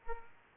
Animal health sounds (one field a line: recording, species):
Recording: mosquito wingbeat signal from an infrared sensor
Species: Culex pipiens